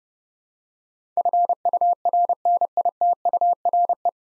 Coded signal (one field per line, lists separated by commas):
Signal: Morse code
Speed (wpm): 30 wpm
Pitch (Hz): 700 Hz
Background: none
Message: FURNITURE